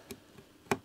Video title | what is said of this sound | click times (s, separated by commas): The Owner Left This Xbox One S Out For SCRAP! Can I Fix It Before It's Too Late? | Did you hear that click? | 0.7 s